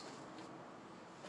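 The plastic lid of a Gasbye 2 Pump vacuum sealer, with a bag of bread inside, is being pressed down onto the sealer base to latch it shut. Only a steady, fairly loud broadband noise is heard, with no sharp transients. The lid has not latched or clicked yet when the clip ends.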